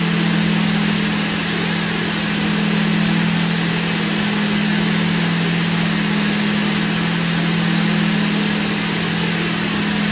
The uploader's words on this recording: This episode includes a mix of white noise, pink noise, and binaural beats (gamma).